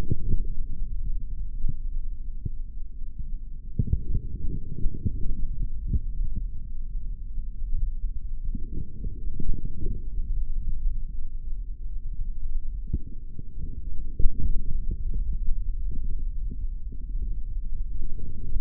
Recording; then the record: forearm muscle sounds (acoustic myography)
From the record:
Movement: forearm pronation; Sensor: system 3, bracelet of six PUI Audio POM-2738L microphones around the upper forearm, with dedicated amplification and filtering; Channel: 2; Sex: male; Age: 25 years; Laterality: right